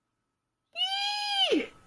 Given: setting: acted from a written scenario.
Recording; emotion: vocal sound without words; elation